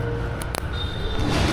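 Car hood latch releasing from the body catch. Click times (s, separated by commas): 0.4 s, 0.6 s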